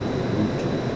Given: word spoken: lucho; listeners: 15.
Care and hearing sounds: one Spanish word in noise, from a listening test; speech-shaped noise; -5.1 dB; 3 of 15; 8 of 15; 0.56 s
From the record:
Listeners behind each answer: 8, 3, 1, 1, 1, 1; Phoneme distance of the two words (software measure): 10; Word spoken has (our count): 2 syllables, 4 phonemes, stress on syllable 1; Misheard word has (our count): 2 syllables, 4 phonemes, stress on syllable 1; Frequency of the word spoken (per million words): 3.00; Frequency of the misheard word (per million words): 545.62

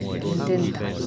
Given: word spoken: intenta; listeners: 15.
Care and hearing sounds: one Spanish word in noise, from a listening test; eight-talker babble; -0.5 dB; 3 of 15; 12 of 15; 0.67 s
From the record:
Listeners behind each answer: 12, 3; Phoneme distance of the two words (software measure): 7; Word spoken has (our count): 3 syllables, 7 phonemes, stress on syllable 2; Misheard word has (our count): 3 syllables, 8 phonemes, stress on syllable 2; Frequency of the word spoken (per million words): 37.13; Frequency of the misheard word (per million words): 0.99

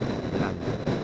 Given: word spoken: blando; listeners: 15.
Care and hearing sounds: one Spanish word in noise, from a listening test; noise modulated by three-talker babble; -4.6 dB; 0 of 15; 6 of 15; 0.64 s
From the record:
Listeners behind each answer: 6, 1, 1, 1, 1, 1, 1, 1, 1, 1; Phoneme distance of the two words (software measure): 20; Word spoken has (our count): 2 syllables, 6 phonemes, stress on syllable 1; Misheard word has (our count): 2 syllables, 6 phonemes, stress on syllable 1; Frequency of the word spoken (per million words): 5.87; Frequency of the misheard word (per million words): 137.88

